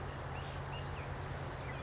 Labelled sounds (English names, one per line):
California Towhee